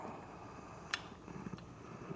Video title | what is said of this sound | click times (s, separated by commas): HOW TO FLETCH YOUR OWN ARROWS - bitzenburger fletching jig and modsaw arrow saw step by step process | You're going to be able to feel it click. | 0.9 s